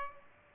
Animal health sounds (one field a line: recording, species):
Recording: mosquito wingbeat signal from an infrared sensor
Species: Aedes aegypti